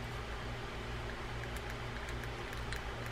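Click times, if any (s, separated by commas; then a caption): none. Metal level wind pawl being held in the line guide of an Abu Ambassadeur 6600CB round baitcasting reel while the worm gear is turned so the pawl can drop into its groove. A steady low hum runs throughout, with faint handling rustle and two brief small ticks near 2.2 and 2.7 seconds. Nothing has seated or clicked yet.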